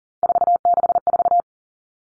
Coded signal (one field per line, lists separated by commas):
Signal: Morse code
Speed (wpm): 40 wpm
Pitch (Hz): 700 Hz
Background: none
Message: 464